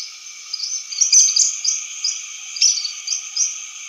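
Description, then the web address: Black phoebe twittering in quick, high, sharp chips that come in short clusters, over a steady high hiss. Recorded in Ecuador. "Natures Songs S America Birds of Ecuador Black Phoebe"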